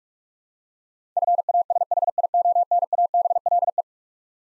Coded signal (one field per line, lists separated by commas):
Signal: Morse code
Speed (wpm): 42 wpm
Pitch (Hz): 700 Hz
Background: none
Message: FASHIONABLE